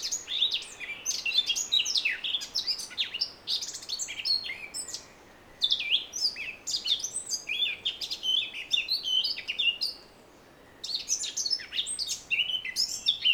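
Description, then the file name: Eurasian blackcap song in several long bursts of fast, scratchy and fluty warbling, separated by brief silences. "Sylvia atricapilla"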